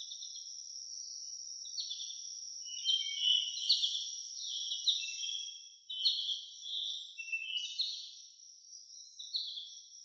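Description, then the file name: Steady high cricket trill running beneath frequent bird chirps and twittering phrases that come in quick succession. Crickets with birds in a nature ambience. "Blastwave FX Nature Birds Crickets"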